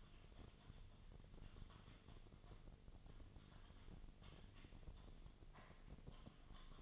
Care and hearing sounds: daily activity, microphone in the room; typing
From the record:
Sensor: 4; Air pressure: 1010.3 hPa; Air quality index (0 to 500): 179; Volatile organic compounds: 5 ppm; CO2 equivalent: 1818 ppm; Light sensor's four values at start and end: 32/94/37/37 and 32/94/37/36

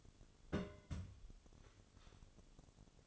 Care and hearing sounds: daily activity, microphone in the room; place on stove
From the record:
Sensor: 4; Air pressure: 1008.8 hPa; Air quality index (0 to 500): 111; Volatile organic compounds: 1 ppm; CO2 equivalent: 822 ppm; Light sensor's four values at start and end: 10/22/8/8 and 10/22/9/8

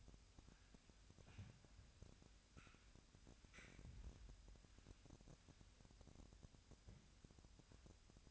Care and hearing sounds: daily activity, microphone in the room; wipe stove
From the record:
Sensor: 2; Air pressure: 1006.9 hPa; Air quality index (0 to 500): 199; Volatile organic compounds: 14 ppm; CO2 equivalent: 2439 ppm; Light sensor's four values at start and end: 10/24/10/10 and 10/24/10/10

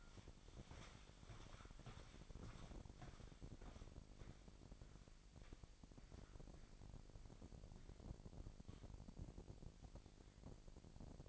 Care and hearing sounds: daily activity, microphone in the room; walk to room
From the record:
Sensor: 5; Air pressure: 1012.3 hPa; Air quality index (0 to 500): 236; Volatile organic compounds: 4 ppm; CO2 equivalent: 1566 ppm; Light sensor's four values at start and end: 56/129/55/59 and 57/134/56/59

